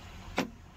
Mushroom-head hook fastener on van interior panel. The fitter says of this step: Et tu vois ça se clipse vraiment, donc ça bouge pas du tout.